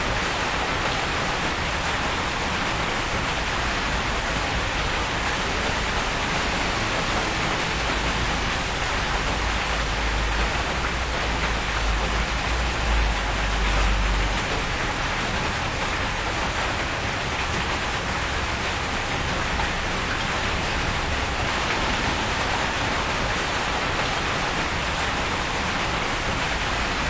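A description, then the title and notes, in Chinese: Steady, dense rain falls throughout with no breaks, a thick even hiss of countless drops across highs and mids. A low rumble swells slightly around the middle, between about 8 and 14 seconds. No other sounds intrude. 雨声：只有雨声。澳大利亚悉尼。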